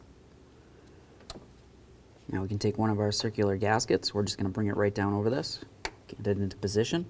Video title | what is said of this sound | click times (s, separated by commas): How to Replace Intake Gasket Chevy C/K1500 1988-2000 | Press it in, listen for a click, give it a nice tug. Make sure it's secure. Do the same on the other one. | 1.3 s